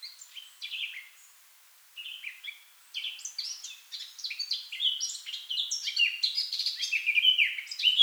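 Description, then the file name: Eurasian blackcap singing: a soft scratchy warble in short bursts with pauses, then a longer, louder run of fluting whistled notes. "Sylvia atricapilla"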